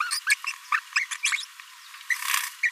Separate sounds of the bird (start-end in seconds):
0.00-0.11, 0.47-0.52, 0.72-0.80, 1.32-1.36, 2.10-2.15, 2.63-2.70